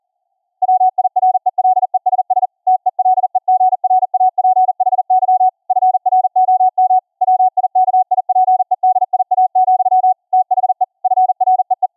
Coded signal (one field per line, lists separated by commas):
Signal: Morse code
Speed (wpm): 40 wpm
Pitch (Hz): 740 Hz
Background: none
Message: WIRELESS TELEGRAPHY FROM WIKIPEDIA, THE FREE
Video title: setup a CW COPY BY EAR practice session on the VLF band using unixCW, Gstreamer & 2 Ferrite Antennas